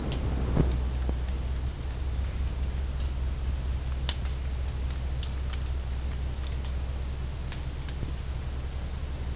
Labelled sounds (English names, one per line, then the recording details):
none
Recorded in dense forest near Puerto Asís, Putumayo, Colombia, on 26 December 2024 at 13:00
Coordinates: 0.481, -76.323
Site G100